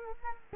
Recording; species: mosquito wingbeat signal from an infrared sensor; Culex quinquefasciatus